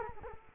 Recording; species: mosquito wingbeat signal from an infrared sensor; Culex quinquefasciatus